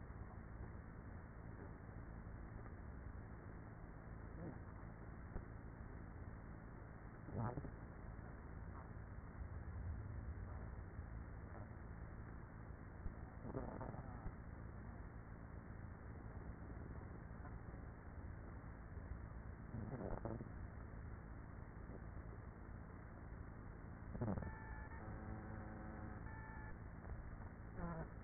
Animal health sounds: honeybee colony, microphone inside the hive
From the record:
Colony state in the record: queenless with a low population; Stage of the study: after two queens were removed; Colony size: about 30,000 bees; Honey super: no

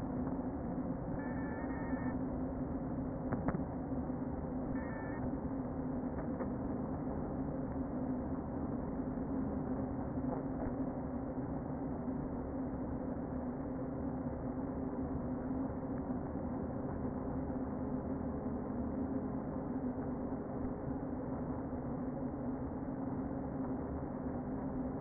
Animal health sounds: honeybee colony, microphone inside the hive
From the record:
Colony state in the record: queen present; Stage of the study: before two queens were removed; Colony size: about 60,000 bees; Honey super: yes

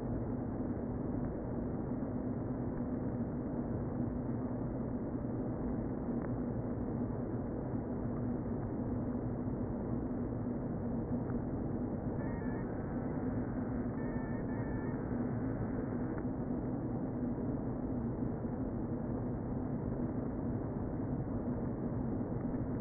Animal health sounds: honeybee colony, microphone inside the hive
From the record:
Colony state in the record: queen present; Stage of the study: before two queens were removed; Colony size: about 60,000 bees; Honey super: yes

